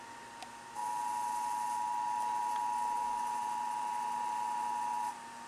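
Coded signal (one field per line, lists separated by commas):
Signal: Emergency Alert System (SAME) tones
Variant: 853 and 960 Hz attention tone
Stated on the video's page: Real severe thunderstorm warning relayed by a TV station.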